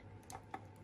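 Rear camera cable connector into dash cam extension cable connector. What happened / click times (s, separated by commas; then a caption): The plastic cable connector clicked together / 0.3 s, 0.5 s. Someone pushes the two halves of a notched plastic connector together, joining a rear backup-camera cable to a dash cam extension cable. Short, sharp clicks sound at 0.3 s and 0.5 s, with another faint tick near the end of the clip. The connector is seated and hooked in.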